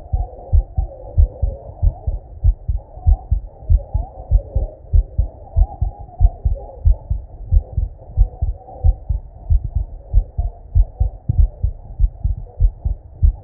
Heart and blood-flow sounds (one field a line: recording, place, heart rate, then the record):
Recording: heart sounds by stethoscope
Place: Erb's point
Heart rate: 94 bpm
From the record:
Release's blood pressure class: normal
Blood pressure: 104/56 mmHg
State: at rest